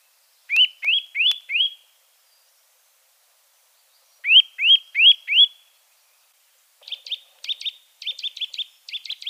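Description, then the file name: Eurasian nuthatch giving rising whistled calls in two bursts of four, then faster clipped notes in short repeated groups. "Sittelle torchepot"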